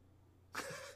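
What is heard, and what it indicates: After a quiet pause, a dog gives one brief, rough, noisy snort, an ordinary snore, coming as soon as the talking around it stops.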